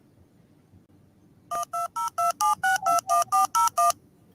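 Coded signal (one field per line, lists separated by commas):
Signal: DTMF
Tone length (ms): 150 ms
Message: 12027621401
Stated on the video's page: DTMF tones from a MakeCode DTMF dialer project.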